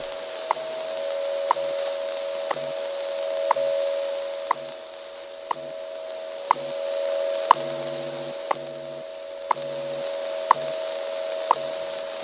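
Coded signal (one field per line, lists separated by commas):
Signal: radio time signal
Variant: WWV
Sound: steady 600 Hz tone with a sharp tick every second and faint low hum pulses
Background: radio static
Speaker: There's WWV. So I'm going to touch up the input inductor here to try to maximize the volume of the signal.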